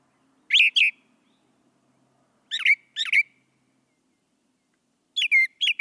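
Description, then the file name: Brown thrasher song: phrases given in pairs, each pair following after a pause of two to three seconds. "suara kicauan brown thrasher. omkicau"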